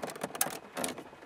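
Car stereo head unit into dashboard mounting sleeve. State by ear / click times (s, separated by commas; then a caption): seated / 0.4 s. A Sony car stereo head unit gets a further push into its dashboard mounting sleeve, giving a run of short clattering taps and a sharp, bright click at 0.4 s as the retaining clip snaps home, followed by a softer rattling burst near 0.8 s. The head unit is seated and installed.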